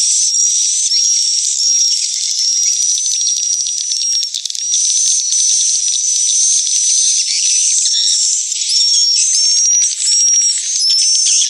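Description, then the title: Swiftlet chattering in a steady stream, with clear whistled notes repeated many times over a buzzy background of chirps. Swiftlet house lure sounds, AKAU brand, Tien Giang, Vietnam. "Am thanh nha yen Akau Vietnam - Tien giang"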